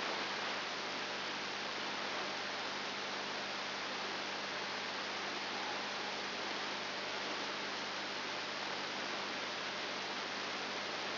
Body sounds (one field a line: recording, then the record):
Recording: brain microelectrode recording played as sound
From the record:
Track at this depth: outside the subthalamic nucleus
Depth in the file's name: 6.1 mm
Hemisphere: left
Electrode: 2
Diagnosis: Parkinson's disease